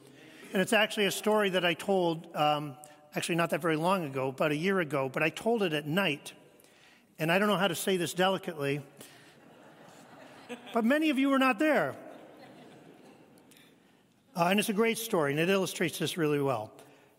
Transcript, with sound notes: And it's actually a story that I told, um, actually not that very long ago, about a year ago, but I told it at night. And I don't know how to say this delicately.
(laughs)
But many of you were not there. Uh, and it's a great story, and it illustrates this really well.